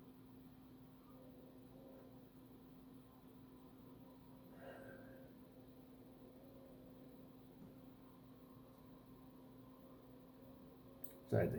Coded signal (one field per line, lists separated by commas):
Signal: FT8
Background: speech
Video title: FT-8 on 80 meters at 0300 in the morning working Asia and north America from the west coast.